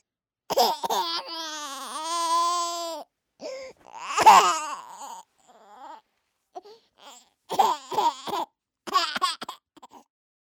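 An infant cries in high-pitched, tonal bursts. A sustained wail lasting about two seconds is followed by shorter, choppy cries separated by brief pauses. It is ordinary baby crying.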